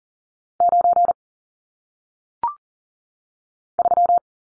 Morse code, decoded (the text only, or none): 9 3